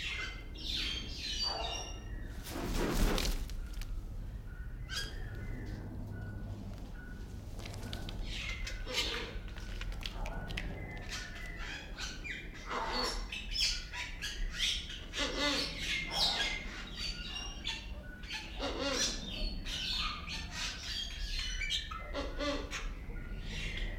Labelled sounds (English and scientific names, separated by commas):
Wreathed Hornbill (Rhyticeros undulatus) call